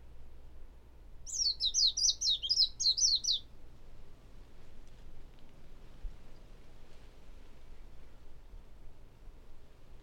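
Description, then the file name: Warbling white-eye song: a quick, high, twittering phrase of tumbling notes lasting about two seconds, then a quiet, low background rumble. Gageo Island, 25 March 2009. "Warbling-White-eye-Song 090325 GAGEO"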